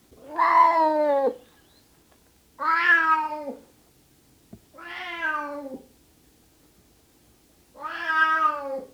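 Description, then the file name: Cat meowing, four long drawn-out meows, each about a second, slightly falling at the end, spaced two to three seconds apart, quiet background between. Male cat (tomcat) meowing. "Miauwen van een kater - Beeld en Geluid"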